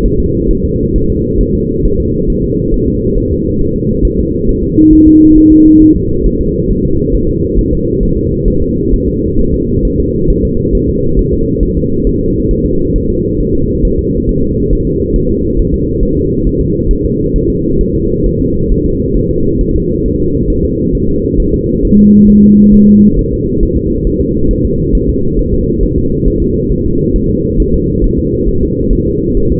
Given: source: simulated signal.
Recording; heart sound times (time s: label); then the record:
fetal heart sounds
0.06 s: S1
0.20 s: S2
0.51 s: S1
0.65 s: S2
0.96 s: S1
1.10 s: S2
1.41 s: S1
1.55 s: S2
1.85 s: S1
2.00 s: S2
2.30 s: S1
2.44 s: S2
2.74 s: S1
2.88 s: S2
3.18 s: S1
3.32 s: S2
3.61 s: S1
3.76 s: S2
4.05 s: S1
4.20 s: S2
4.49 s: S1
4.63 s: S2
4.93 s: S1
5.08 s: S2
5.38 s: S1
5.52 s: S2
5.82 s: S1
5.96 s: S2
6.26 s: S1
6.41 s: S2
6.71 s: S1
6.85 s: S2
7.15 s: S1
7.29 s: S2
7.59 s: S1
7.73 s: S2
8.03 s: S1
8.18 s: S2
8.48 s: S1
8.62 s: S2
8.94 s: S1
9.08 s: S2
9.39 s: S1
9.54 s: S2
9.85 s: S1
10.00 s: S2
10.30 s: S1
10.45 s: S2
10.75 s: S1
10.89 s: S2
11.19 s: S1
11.34 s: S2
11.63 s: S1
11.77 s: S2
12.07 s: S1
12.21 s: S2
12.51 s: S1
12.66 s: S2
12.96 s: S1
13.10 s: S2
13.40 s: S1
13.55 s: S2
13.85 s: S1
13.99 s: S2
14.29 s: S1
14.44 s: S2
14.73 s: S1
14.87 s: S2
15.16 s: S1
15.31 s: S2
15.59 s: S1
15.74 s: S2
16.03 s: S1
16.17 s: S2
16.47 s: S1
16.61 s: S2
16.91 s: S1
17.05 s: S2
17.36 s: S1
17.50 s: S2
17.81 s: S1
17.95 s: S2
18.26 s: S1
18.41 s: S2
18.72 s: S1
18.86 s: S2
19.17 s: S1
19.31 s: S2
19.61 s: S1
19.76 s: S2
20.06 s: S1
20.20 s: S2
20.50 s: S1
20.65 s: S2
20.95 s: S1
21.09 s: S2
21.40 s: S1
21.54 s: S2
21.85 s: S1
21.99 s: S2
22.30 s: S1
22.44 s: S2
22.74 s: S1
22.89 s: S2
23.19 s: S1
23.33 s: S2
23.63 s: S1
23.77 s: S2
24.07 s: S1
24.21 s: S2
24.51 s: S1
24.65 s: S2
24.95 s: S1
25.09 s: S2
25.39 s: S1
25.54 s: S2
25.83 s: S1
25.98 s: S2
26.28 s: S1
26.42 s: S2
26.72 s: S1
26.86 s: S2
27.16 s: S1
27.30 s: S2
27.60 s: S1
27.74 s: S2
28.04 s: S1
28.19 s: S2
28.49 s: S1
28.63 s: S2
28.93 s: S1
29.07 s: S2
29.37 s: S1
29.52 s: S2
From the record:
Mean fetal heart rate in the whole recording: 135 bpm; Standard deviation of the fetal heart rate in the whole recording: 3 bpm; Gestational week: 36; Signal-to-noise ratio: -15.3 dB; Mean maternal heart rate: 72 bpm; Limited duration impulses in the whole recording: present